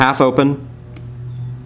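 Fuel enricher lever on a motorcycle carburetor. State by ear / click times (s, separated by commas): seated / 1.0 s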